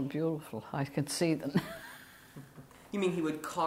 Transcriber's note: chuckles